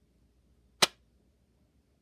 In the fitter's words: this matters to you it doesn't particularly matter to me but you can little click on the armadillo